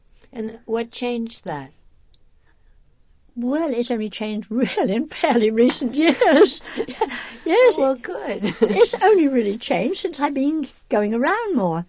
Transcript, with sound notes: And what changed that?
Well, it's only changed really in fairly recent years. ( she laughs ) Yes.
Well, good.
It's only really changed since I've been going around more,